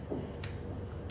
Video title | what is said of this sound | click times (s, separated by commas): RepRap Prusa Mendel i2 Assembly Guide P5 - Additiveware International | should just pop right in made that nice clicking sound | 0.4 s